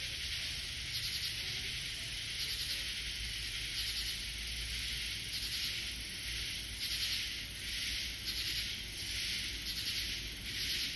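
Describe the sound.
Katydid call: faint rasping pulses recurring roughly every second and a half, partly buried in a steady high-pitched hiss.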